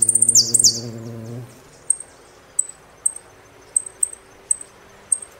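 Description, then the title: Saffron finch song: quick high sweeping notes over a low humming tone at the start, then sharp isolated chips at uneven intervals. "Jilguero Argentino"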